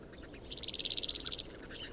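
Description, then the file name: European serin: a rapid, jingling burst of high, buzzy notes lasting under a second. Binsham, 22 January 2017. "Girlitz. Binsham. Susanne Rieck"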